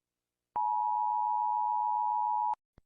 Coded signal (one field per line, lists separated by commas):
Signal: Emergency Alert System (SAME) tones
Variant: 853 and 960 Hz attention tone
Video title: Rating eas siren sound (idk why I made this, I saw other do so…) #FlipaClip